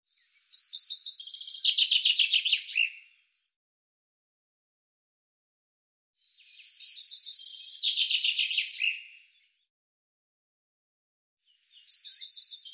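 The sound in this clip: Common chaffinch song repeated: two full descending trills ending in flourishes, with a third phrase beginning at the end.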